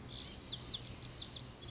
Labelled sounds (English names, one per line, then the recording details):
Lazuli Bunting
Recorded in Sonoma County, California